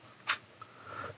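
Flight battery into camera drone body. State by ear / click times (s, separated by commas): seated / 0.3 s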